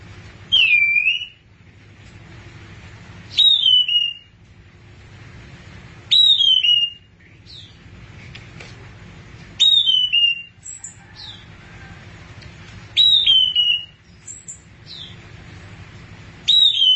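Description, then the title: Thrush song: a short, clear whistled phrase sliding downward, repeated every few seconds, with faint scattered chips in between. "burung anis x"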